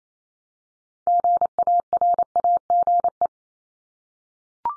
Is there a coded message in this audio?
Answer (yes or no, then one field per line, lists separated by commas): yes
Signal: Morse code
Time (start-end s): 1.1-3.3 s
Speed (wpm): 28 wpm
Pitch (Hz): 700 Hz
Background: none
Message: GARAGE